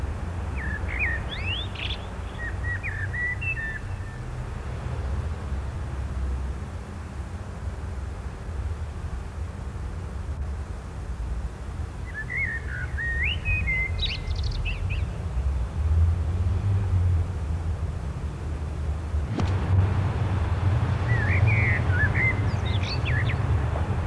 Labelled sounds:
Common Blackbird song
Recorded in the wild
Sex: male
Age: adult
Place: Bielefeld-Mitte, Nordrhein-Westfalen, DE
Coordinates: 52.0081, 8.54694
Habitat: residential district
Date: 1972-06-21
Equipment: Uher 4200 Report Stereo, Bändchenmikro Beyer M 260, Parabolspiegel Polyester (600 mm)
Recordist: Conrads, Klaus

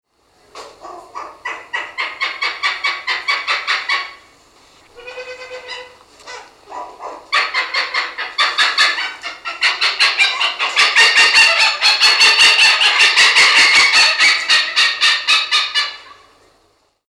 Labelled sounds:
Malabar Pied Hornbill
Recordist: Tembrock, Günter
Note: Lautfolgen

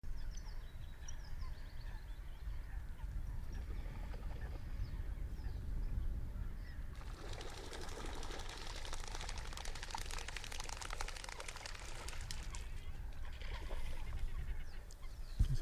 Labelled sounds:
Eurasian Coot
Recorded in the wild
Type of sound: sound during take-off
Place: Kützerhof, Kummerower See, Mecklenburg-Vorpommern, DE
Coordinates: 53.8386, 12.8728
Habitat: wetland
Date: 2008-04-29 20:47
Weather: bedeckt, 15°C, schwacher Wind aus West
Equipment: Sound Devices 702, Sennheiser MKH 70, Windkorb
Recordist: Frommolt, Karl-Heinz
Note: Wiedervernässungsfläche Polder Große Rosin: auffliegende Blessrallen

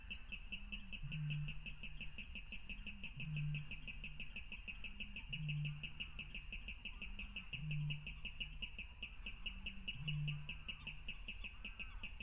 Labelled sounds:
Water Rail song
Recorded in the wild
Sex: male
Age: adult
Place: Kützerhof, Kummerower See, Mecklenburg-Vorpommern, DE
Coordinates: 53.8562, 12.8858
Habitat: wetland
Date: 2010-04-28 23:20
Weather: 13°C, 80% humidity, almost windless
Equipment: Edirol R4, Microtech Gefell MK 250/MV220
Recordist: Giermann, Anita and Frommolt, Karl-Heinz

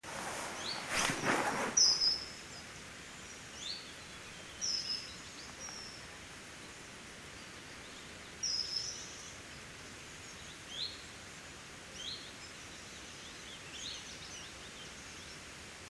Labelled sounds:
Common Kingfisher flight call
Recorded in the wild
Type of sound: flight call
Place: Niederspree, Niederspreer Teichgebiet, Sachsen, DE
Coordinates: 51.4067, 14.8819
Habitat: pond
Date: 2008-07-31
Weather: heiter, 20°C, windstill
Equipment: Fostex FR2-LE, 2 Sennheiser ME64, Rycote-Windschutz
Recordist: Frommolt, Karl-Heinz
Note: Am Waldteich: Flugrufe eines Eisvogels

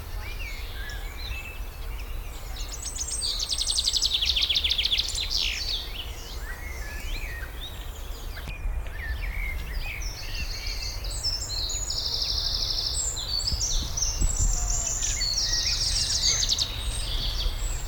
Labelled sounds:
Eurasian Wren
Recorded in the wild
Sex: male
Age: adult
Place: Rheinsberg, Brandenburg, DE
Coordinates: 53.1, 12.9
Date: 1995-04-14 19:23
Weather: heiter, 10°C
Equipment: Marantz CP 430, Sennheiser ME 80, Kopie Uher 4000 Report Monitor
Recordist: Tembrock, Günter

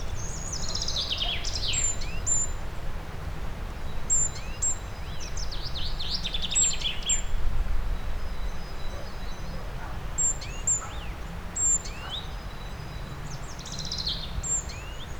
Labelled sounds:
Great Tit
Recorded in the wild
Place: Birken-Honigsessen, Westerwald, Rheinland-Pfalz, DE
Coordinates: 50.8192, 7.76194
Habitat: mixed forest
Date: 1992-03-18 15:42
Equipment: Aiwa HD-S1, Sennheiser ME 80, 1:1 Kopie
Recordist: Frommolt, Karl-Heinz

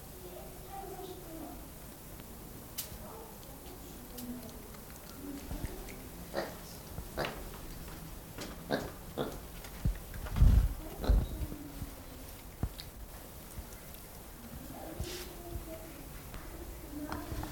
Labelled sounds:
Black Lemur call
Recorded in captivity
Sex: pair
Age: adult
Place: Zoo Dresden, Sachsen, DE
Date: 1997-02-14 15:50
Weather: heiter bis wolkig, 5 bis 7°C
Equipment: Nagra SN, Kopie Uher 4000 Report Monitor
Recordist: Tembrock, Günter

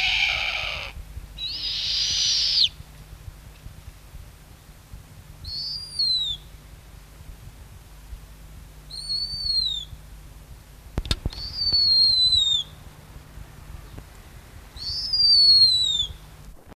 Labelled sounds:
Snowy Owl call
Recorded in captivity
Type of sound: call
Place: Zoo Hannover, Niedersachsen, DE
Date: 1973-08-08
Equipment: Halbspur, 9,5 cm/s
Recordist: Lütgens, Hans
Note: Mutter und Junges

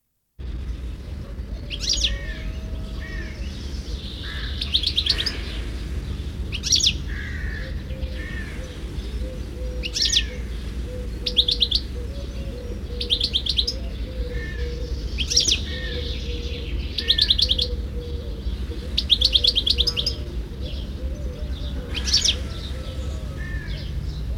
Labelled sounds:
European Goldfinch song
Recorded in the wild
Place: Calafat, Craina Cazanelor, RO
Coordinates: 43.991, 22.933
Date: 1974-05-16
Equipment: Nagra III BH, Sennheiser MD 21, parabola
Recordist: Schubert, Michael
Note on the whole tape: Gesang Stieglitz

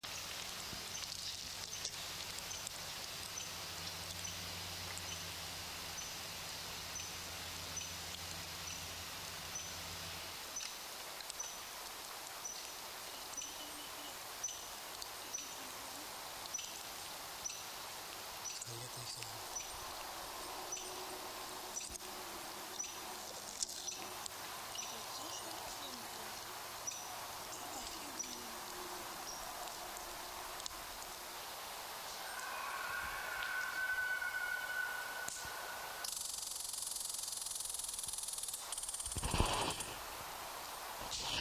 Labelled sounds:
Red Squirrel call
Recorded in the wild
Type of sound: call
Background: Cervus elaphus
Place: Jasper National Park, Rocky Mountains, Alberta, CA
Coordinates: 52.8472, -118.077
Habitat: coniferous forest
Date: 1991-09-12 18:47
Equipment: Sony WM-D6C, Sony ECM-939 LT (Stereo), Kopie Uher 4400 IC
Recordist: Frommolt, Karl-Heinz
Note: Whistlers Campground Jasper: Rufe und Triller. Dazwischen Wapiti - Brunftrufe

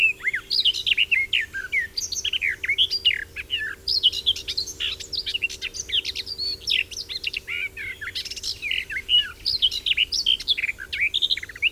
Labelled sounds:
Garden Warbler song
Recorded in the wild
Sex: male
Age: adult
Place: Schweinfurt, Bayern, DE
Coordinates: 50.0414, 10.2397
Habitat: park
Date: 1964-06-01
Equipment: Vollspur
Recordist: Tretzel, Erwin

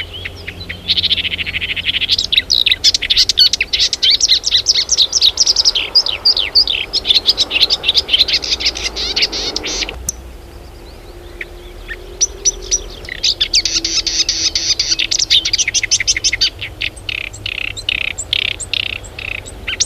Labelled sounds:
Marsh Warbler
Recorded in the wild
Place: Clausthal-Zellerfeld, Oberharz, Niedersachsen, DE
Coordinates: 51.78, 10.33
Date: 1985-06-11
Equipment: Sony WM-D6C, Big Ear
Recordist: Skiba, Reinald
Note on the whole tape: Buntenbock

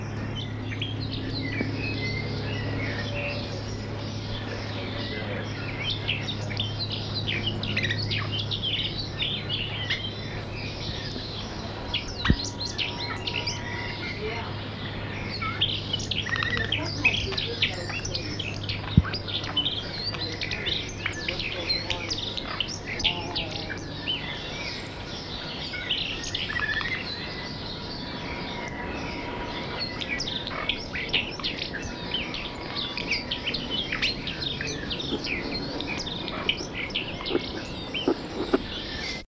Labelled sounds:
Alpine Accentor song
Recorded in captivity
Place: Alpenzoo Innsbruck, Tirol, AT
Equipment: Halbspur, 9,5 cm/s
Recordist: Lütgens, Hans
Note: Gesang

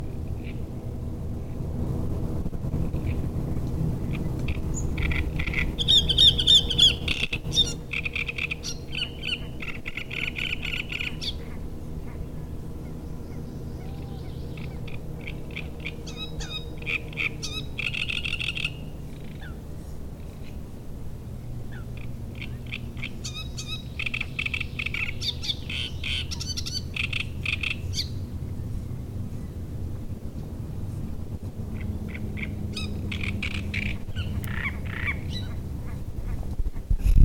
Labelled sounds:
Great Reed Warbler
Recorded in the wild
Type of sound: song, call, call sequence, twittering
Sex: male
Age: adult
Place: Müggelsee, Berlin, DE
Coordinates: 52.43, 13.64
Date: 1991-06-07 19:45
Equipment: Uher 4400 Report Monitor, Sennheiser ME 80, K 30 AV
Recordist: Fischer, Stefan
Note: Tier M 1543: Gesang

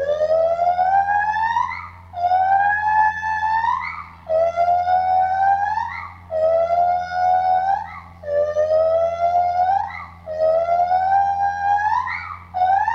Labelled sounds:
Lar Gibbon
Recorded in captivity
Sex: group
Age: diverse
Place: Zoo Berlin, Berlin, DE
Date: 1985-07-12
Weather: sonnig, 22 °C
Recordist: Tembrock, Günter

